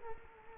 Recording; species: mosquito wingbeat signal from an infrared sensor; Culex quinquefasciatus